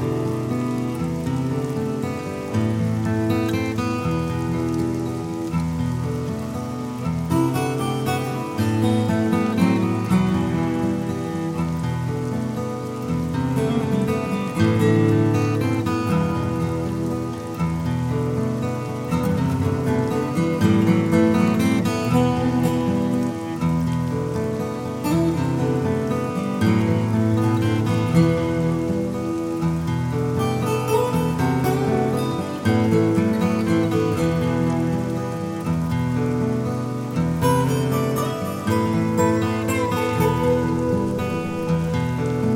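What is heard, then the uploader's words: A quiet rain shower hisses steadily beneath soft, calm music built from sustained low, warm tones whose chords shift gently every couple of seconds. Brighter spatters of rain stand out briefly around 7, 30 and 37 seconds, while the overall loudness stays even throughout. Mist Covered Mountains With Quiet Rain Shower.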